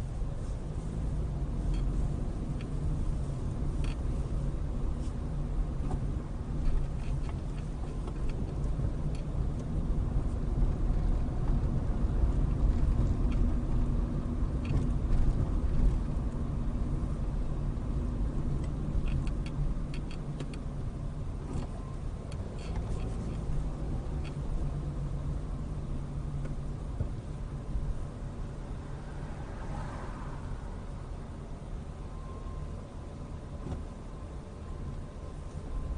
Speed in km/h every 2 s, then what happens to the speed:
15, 18, 18, 16, 18, 23, 26, 24, 23, 19, 11, 15, 16, 11, 11, 10, 8, 8.
0-15 speeds up to 24. 15-20 slows to 11.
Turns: none.